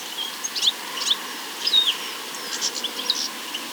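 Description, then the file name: European goldfinch calls: bright, high chirps and short liquid twitters in loose clusters, busiest near the middle, over a constant background hiss. "Carduelis carduelis"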